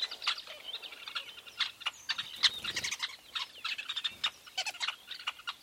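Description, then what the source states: Weaver chatter, many chirps and short buzzy notes in quick succession from several birds. Recorded at a large weaver nest in Etosha National Park, Namibia.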